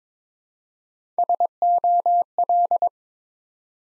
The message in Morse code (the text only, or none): SOL